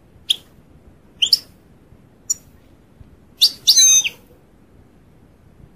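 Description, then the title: European goldfinch giving a few short, high chirps, then a longer, wavering, buzzy twitter, before falling quiet. "Chant Chardonneret"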